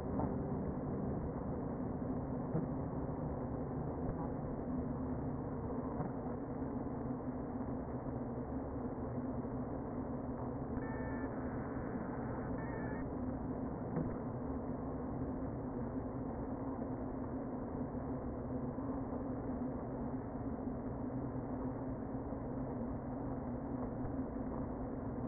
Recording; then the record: honeybee colony, microphone inside the hive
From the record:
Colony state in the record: queen present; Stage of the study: before two queens were removed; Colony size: about 60,000 bees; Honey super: yes